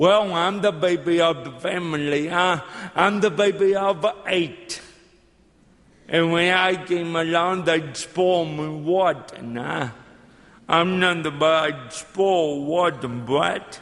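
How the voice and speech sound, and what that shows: Slow, drawn-out speech from an adult man with dropped and blurred consonants, consistent with dysarthria from cerebral palsy present since birth, caused by lack of oxygen to the brain when he did not breathe for 18 minutes at birth. His speech is a little hard to understand at first.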